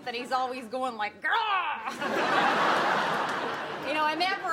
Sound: soundbite of laughter

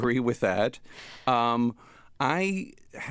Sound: laughter

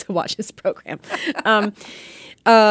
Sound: soundbite of laughter

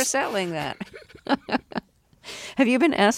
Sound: laughter

